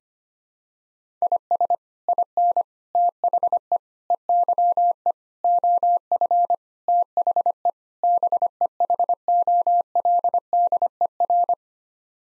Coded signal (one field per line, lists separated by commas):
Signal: Morse code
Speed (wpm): 25 wpm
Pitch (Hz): 700 Hz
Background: none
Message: IS IN THE EYE OF THE BEHOLDER